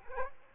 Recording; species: mosquito wingbeat signal from an infrared sensor; Culex quinquefasciatus